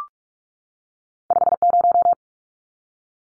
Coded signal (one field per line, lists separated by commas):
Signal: Morse code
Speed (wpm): 44 wpm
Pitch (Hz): 700 Hz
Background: none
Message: 50